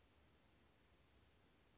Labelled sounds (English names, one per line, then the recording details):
Chestnut-backed Chickadee
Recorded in Sonoma County, California